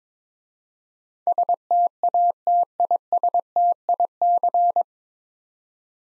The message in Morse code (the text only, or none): STATISTIC